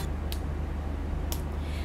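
The base of a Lakme Sculpt Studio Hi Definition Matte lipstick is twisted until the bullet is fully extended from its casing. Two short, sharp clicks at 0.3 s and 1.3 s stand out over a steady low hum. The clicks come from an end-stop detent, not a part seating, and confirm the whole bullet is out.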